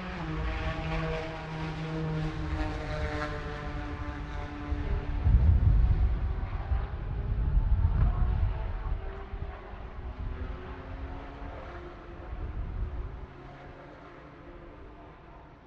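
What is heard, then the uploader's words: Racing engines hum and whine in a steady blend, their tones sliding slowly up and down. A deep, loud rumble swells around five to eight seconds and again near twelve seconds as cars pass, then the sound thins and fades toward the end. Sounds of Rolex 24 At Daytona Qualifying. It's an ambient racing audio feature captured during qualifying for January's Rolex 24 At Daytona where IMSA's GT Daytona, GT Le Mans, and DPi/LMP2 classes hit the track for individual sessions. The amazing sounds produced by the exotic models in IMSA's WeatherTech SportsCar Championship.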